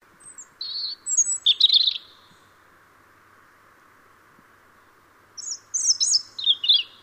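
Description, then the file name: European robin singing two phrases of high, liquid, wavering whistles separated by a pause of roughly three seconds, against a faint steady noise floor. "Erithacus rubecula"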